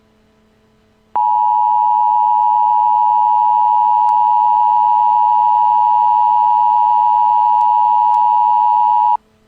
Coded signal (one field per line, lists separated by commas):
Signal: Emergency Alert System (SAME) tones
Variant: 853 and 960 Hz attention tone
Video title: EAS Asteroid